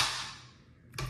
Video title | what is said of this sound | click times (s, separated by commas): Review: The Magpul Zhukov -S Stock for Ak Rifles | But it does have a positive click in the folding aspect as well. | 1.0 s